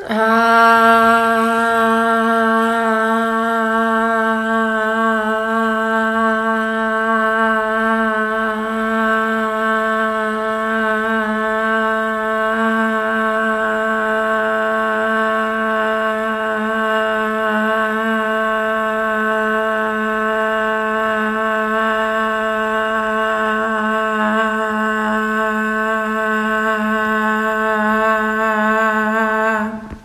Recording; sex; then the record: sustained vowel /a/; female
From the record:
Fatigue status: no fatigue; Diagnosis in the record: COVID-19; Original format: m4a